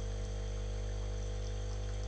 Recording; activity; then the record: daily activity, microphone in the room; make coffee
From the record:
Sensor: 4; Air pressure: 1008.2 hPa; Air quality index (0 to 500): 106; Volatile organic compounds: 1 ppm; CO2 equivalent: 787 ppm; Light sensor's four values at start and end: 10/22/9/9 and 10/22/9/9